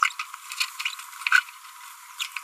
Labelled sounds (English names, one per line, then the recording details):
Green-rumped Parrotlet babbling
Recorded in a nest box in Venezuela
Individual 18B25A3